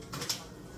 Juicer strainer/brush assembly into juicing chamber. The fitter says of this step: Now we're going to put it in again and it click right in.